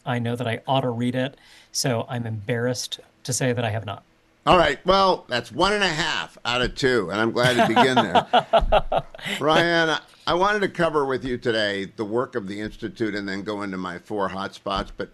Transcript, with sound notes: I know that I ought to read it, so I’m embarrassed to say that I have not.
All right, well, that’s one and a half out of two, and I’m glad to begin there. (laughing) Reihan, I wanted to cover with you today the work of the Institute, and then go into my four hot spots.